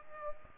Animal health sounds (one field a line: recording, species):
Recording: mosquito wingbeat signal from an infrared sensor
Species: Aedes aegypti